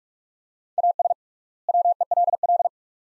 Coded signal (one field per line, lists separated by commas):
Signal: Morse code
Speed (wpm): 45 wpm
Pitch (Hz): 700 Hz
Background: none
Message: AS WELL